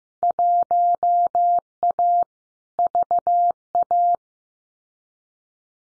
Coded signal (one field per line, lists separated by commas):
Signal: Morse code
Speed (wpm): 15 wpm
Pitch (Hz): 700 Hz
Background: none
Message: 1A VA